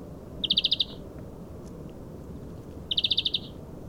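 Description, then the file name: European greenfinch giving two quick chattering trills of six or seven notes each, about two and a half seconds apart, over steady low background noise. "Chloris chloris"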